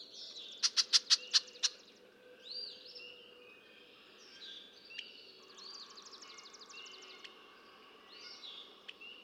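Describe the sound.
Red-winged blackbird: a burst of six loud sharp clicking notes, then whistles and buzzy trills.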